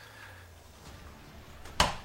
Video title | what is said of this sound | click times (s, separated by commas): MIEUX QUE THE WALKING DEAD ??? - Review & Unboxing FR - DEAD STRANGE HOT TOYS MMS654 | Hop, c'est clipsé. | 1.8 s